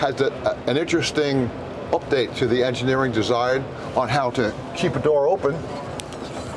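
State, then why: Seated. A Cobia 285 Open boat's console door hold-open latch is pushed open while someone talks, and the latch locks the door into place with a sharp click at 6.0 s. The door stays held open.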